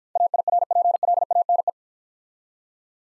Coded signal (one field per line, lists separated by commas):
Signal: Morse code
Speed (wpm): 50 wpm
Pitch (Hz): 700 Hz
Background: none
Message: AIRPLANE